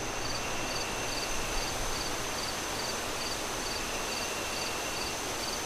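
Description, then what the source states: Crickets give evenly spaced short chirps beneath a thick bed of rushing wind and a thin sustained high tone. Crickets chirping at night as the moon rises, with wind howling through trees in gusts.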